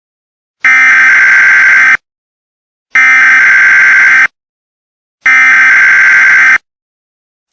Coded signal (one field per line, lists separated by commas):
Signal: Emergency Alert System (SAME) tones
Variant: header bursts